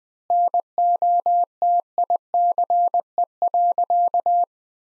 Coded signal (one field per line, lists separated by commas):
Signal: Morse code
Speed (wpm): 20 wpm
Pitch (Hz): 700 Hz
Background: none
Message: NOTICE.